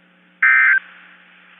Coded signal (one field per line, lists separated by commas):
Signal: Emergency Alert System (SAME) tones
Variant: end-of-message bursts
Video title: (EAS #10) Tornado Warning for Gulf, Bay, Liberty and Calhoun FL